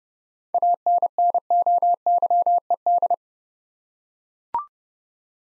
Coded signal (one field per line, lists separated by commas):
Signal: Morse code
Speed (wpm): 30 wpm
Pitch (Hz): 700 Hz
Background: none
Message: ANNOYED